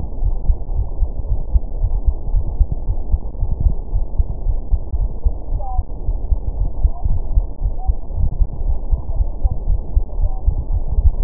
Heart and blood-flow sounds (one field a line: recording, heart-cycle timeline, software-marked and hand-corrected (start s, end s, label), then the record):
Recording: heart sounds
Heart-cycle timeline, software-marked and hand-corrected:
0.00	0.02	S2
0.02	0.20	diastole
0.20	0.34	S1
0.34	0.46	systole
0.46	0.56	S2
0.56	0.72	diastole
0.72	0.86	S1
0.86	1.00	systole
1.00	1.10	S2
1.10	1.28	diastole
1.28	1.40	S1
1.40	1.52	systole
1.52	1.64	S2
1.64	1.80	diastole
1.80	1.92	S1
1.92	2.06	systole
2.06	2.16	S2
2.16	2.32	diastole
2.32	2.44	S1
2.44	2.58	systole
2.58	2.68	S2
2.68	2.86	diastole
2.86	2.96	S1
2.96	3.10	systole
3.10	3.20	S2
3.20	3.38	diastole
3.38	3.50	S1
3.50	3.62	systole
3.62	3.76	S2
3.76	3.94	diastole
3.94	4.06	S1
4.06	4.18	systole
4.18	4.28	S2
4.28	4.46	diastole
4.46	4.58	S1
4.58	4.72	systole
4.72	4.82	S2
4.82	4.98	diastole
4.98	5.10	S1
5.10	5.26	systole
5.26	5.36	S2
5.36	5.52	diastole
5.52	5.62	S1
5.62	5.76	systole
5.76	5.86	S2
5.86	6.06	diastole
6.06	6.18	S1
6.18	6.32	systole
6.32	6.40	S2
6.40	6.56	diastole
6.56	6.68	S1
6.68	6.80	systole
6.80	6.92	S2
6.92	7.06	diastole
7.06	7.20	S1
7.20	7.34	systole
7.34	7.46	S2
7.46	7.64	diastole
7.64	7.74	S1
7.74	7.88	systole
7.88	7.98	S2
7.98	8.16	diastole
8.16	8.28	S1
8.28	8.38	systole
8.38	8.48	S2
8.48	8.64	diastole
8.64	8.76	S1
8.76	8.90	systole
8.90	9.00	S2
9.00	9.16	diastole
9.16	9.28	S1
9.28	9.42	systole
9.42	9.52	S2
9.52	9.68	diastole
9.68	9.80	S1
9.80	9.94	systole
9.94	10.04	S2
10.04	10.18	diastole
10.18	10.32	S1
10.32	10.46	systole
10.46	10.56	S2
10.56	10.70	diastole
10.70	10.82	S1
10.82	10.96	systole
10.96	11.12	S2
11.12	11.24	diastole
From the record:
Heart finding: coronary artery disease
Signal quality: good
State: rest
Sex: female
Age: 52 years